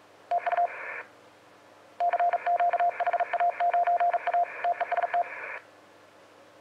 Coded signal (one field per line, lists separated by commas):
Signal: Morse code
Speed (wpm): 38 wpm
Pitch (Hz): 700 Hz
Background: radio noise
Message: TU CQ HA9A TEST